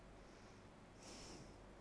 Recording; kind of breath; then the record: one breath in and out by a microphone near the nose and mouth; normal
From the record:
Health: marked as sick, illness not named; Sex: female